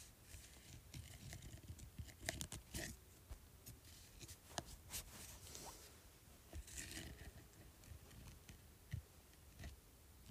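Scratching over a bumpy surface, made of short rasping strokes that come in uneven bursts. Brighter, sharper scrapes stand out near 2–3, 4.5, 5, 7 and 9–10 seconds, with quieter gritty rubbing and low rumble filling the gaps.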